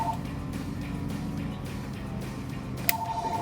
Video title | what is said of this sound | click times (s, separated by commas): 2014-2019 Corvette C7 AWE Track Edition Axle-Back Exhaust Review & Sound Clip | hook that cord right back in there until it clicks. | 2.9 s